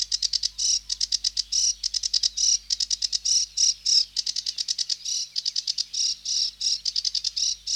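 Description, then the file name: Sedge warbler song: harsh, rattling chatter of fast repeated notes and short buzzy bursts, continuous and churring throughout. "Sedge Warbler (Acrocephalus schoenobaenus)"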